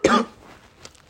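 A single short, forceful cough from an adult woman, sharp at the start and fading within a quarter second, with no rattle or wet sound, then near silence. It is a very dry, violent, non-productive cough, occurring during a flu lasting over two weeks.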